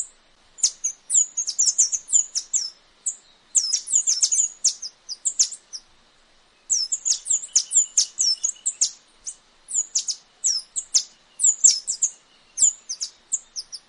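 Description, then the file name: Tanager song of dense, high-pitched twittering chirps, in long runs broken by a few short silences. "canto da saira dourada"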